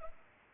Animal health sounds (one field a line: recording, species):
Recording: mosquito wingbeat signal from an infrared sensor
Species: Culex pipiens